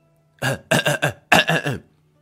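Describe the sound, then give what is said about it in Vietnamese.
Two bursts of dry, voiced coughing, the first a quick triple hack and the second a shorter double, moderately loud with a throaty, tonal edge and no talking around them. “Miêu Nghị ho khan hai tiếng, lúng túng.”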